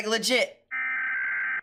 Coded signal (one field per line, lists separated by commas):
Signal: Emergency Alert System (SAME) tones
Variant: header bursts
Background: speech